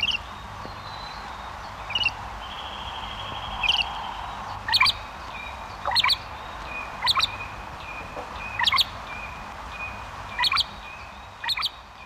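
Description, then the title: Great grey shrike calls: short sharp notes repeated at intervals of a second or two. "Viikon luontoääni: Isolepinkäinen"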